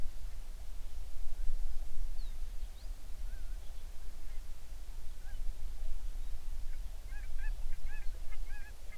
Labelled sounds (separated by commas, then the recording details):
songbird, waterfowl, seabird
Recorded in the Prudhoe Bay oil fields, Alaska, on 11 June 2019 at 04:40
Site 21